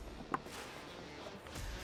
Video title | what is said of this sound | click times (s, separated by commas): PRP Quick Release Bench Seats for Polaris RZR PRO XP4, PRO R4, & Turbo R4 | all righty so now that we got the bench in everything is locked into place | 0.3 s